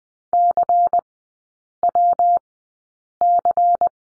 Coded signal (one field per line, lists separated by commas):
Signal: Morse code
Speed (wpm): 20 wpm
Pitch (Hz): 700 Hz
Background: none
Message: CWC